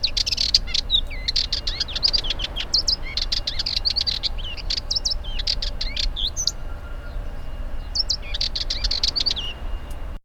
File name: Canto-do-Toutinegra-de-Cabeça-Preta